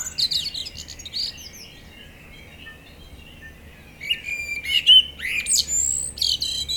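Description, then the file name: Common blackbird song: a high twittery phrase opens, silence for a few seconds, then fuller whistled notes with rising squeaks and chatter. "Turdus merula"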